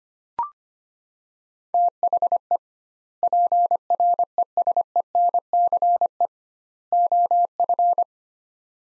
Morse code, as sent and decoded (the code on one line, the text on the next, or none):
- .... . / .--. .-. . ... . -. -.-. . / --- ..-.
THE PRESENCE OF